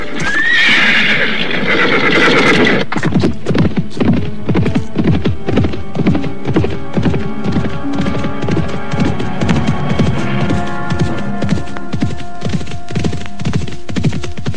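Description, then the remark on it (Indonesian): Horse hooves clip-clop in a steady, rapid rhythm as riders urge their horses faster along a footpath, loud and continuous, with a horse's high whinny at the start and a low hum running underneath. “Kita percepat saja lari kuda ini, Paman.”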